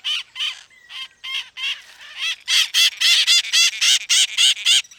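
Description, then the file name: Bird uttering nasal, hoarse squawks that start spaced and uneven, then speed into a loud regular run of about four per second. "SABIOD 50 bird 2015"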